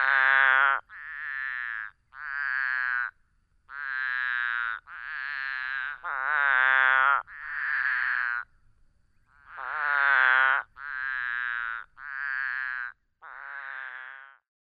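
Couch's spadefoot giving a long run of bleating, lamb-like calls, each about one second with a wavering tone, repeated with brief gaps, some calls louder than others.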